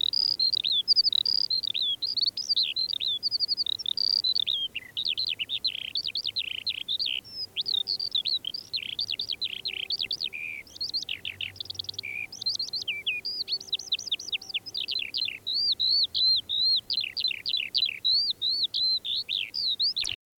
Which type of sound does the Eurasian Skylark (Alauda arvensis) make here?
song